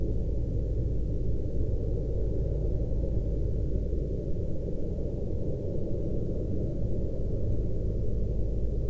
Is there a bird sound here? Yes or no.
no